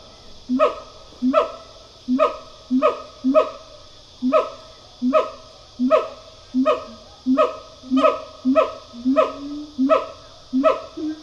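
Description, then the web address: Siamang barking calls, short harmonic yelps repeated in a rapid, uneven series. Pair call. "Sound Effects-Foundation. Gibbon Siamang pair call"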